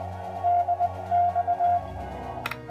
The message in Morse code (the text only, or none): DX